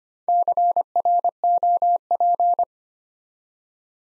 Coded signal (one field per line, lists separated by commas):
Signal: Morse code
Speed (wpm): 25 wpm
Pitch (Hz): 700 Hz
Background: none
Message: CROP